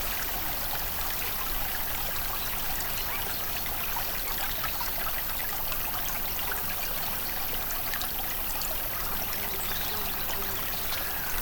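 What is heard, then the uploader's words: A mountain creek trickles and splashes steadily, a dense, bright babble with countless tiny sparkling droplets and no pauses. Sparkling Mountain Creek. Water and nature sounds.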